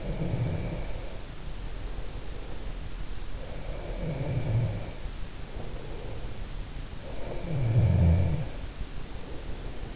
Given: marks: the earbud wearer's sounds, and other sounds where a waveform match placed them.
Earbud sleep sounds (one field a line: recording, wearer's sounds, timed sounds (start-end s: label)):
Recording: sounds in sleep by an in-ear microphone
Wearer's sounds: breath, snoring breath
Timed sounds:
0.00-2.32 s: breath
3.23-6.59 s: breath
7.23-9.43 s: snoring breath